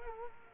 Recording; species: mosquito wingbeat signal from an infrared sensor; Culex quinquefasciatus